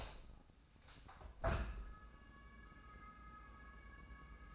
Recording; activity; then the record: daily activity, microphone in the room; open window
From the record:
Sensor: 2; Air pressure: 1012.2 hPa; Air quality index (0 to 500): 129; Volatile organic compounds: 1 ppm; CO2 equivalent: 951 ppm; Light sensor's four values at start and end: 166/401/168/175 and 165/396/167/175